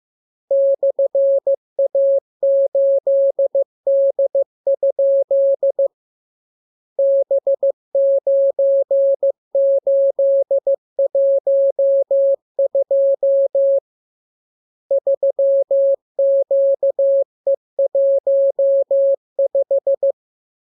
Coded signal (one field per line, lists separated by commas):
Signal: Morse code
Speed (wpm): 15 wpm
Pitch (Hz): 550 Hz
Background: none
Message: /A8D? B9812 3QE15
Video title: Learning Morse Code. Lesson 39. Letter KMURESNAPTLWI.JZ=FOY,VG5/Q92H38B?47C1D60